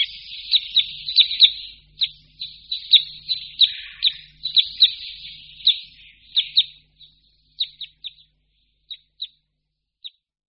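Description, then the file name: Red crossbill calls: a dense, rapid string of chipping notes that thins out into a few scattered, isolated chips toward the end. "Křivka-obecná"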